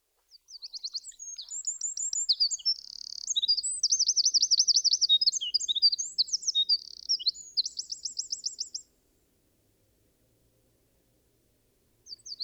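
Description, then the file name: Eurasian wren singing a long, vigorous, high-pitched song of rapid notes and rattling trills for about eight seconds, then silence before a new song begins at the very end. "Troglodytes troglodytes"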